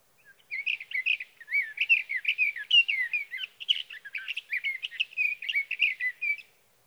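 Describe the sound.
Sage thrasher song, an unbroken run of rapid, varied warbled phrases lasting around six seconds, with nothing else audible.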